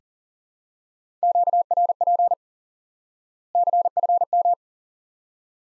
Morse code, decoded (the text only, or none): QRP CFM